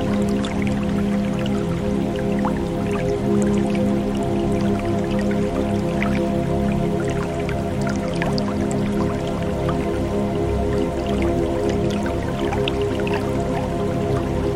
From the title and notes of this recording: The gentle flow of the river.